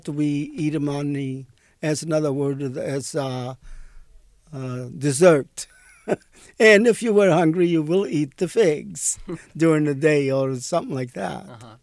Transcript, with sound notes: That we eat them on the, that's another word that's desert. ( he laughs ) And if you were hungry you will eat the figs during the day or something like that,